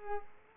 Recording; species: mosquito wingbeat signal from an infrared sensor; Culex pipiens